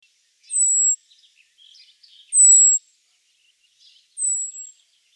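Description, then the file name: Common blackbird giving thin, very high drawn-out whistles that slide slightly downward, three of them about every 1.8 seconds, with soft twittering chirps between. "Turdus merula"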